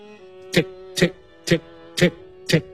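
A clock ticks five times at a steady pace, about two ticks per second, each a sharp crisp click over a faint, constant low hum.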